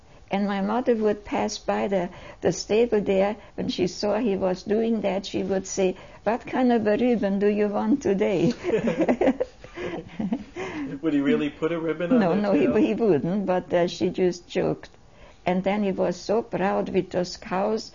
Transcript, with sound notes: and my mother would pass by the stable there, when she saw he doing that she would say, "What kind of a ribbon do you want today?" (They laugh.)
Would he really put a ribbon on their tails?
No, no he wouldn't, but she just joked and then he was so proud with those cows,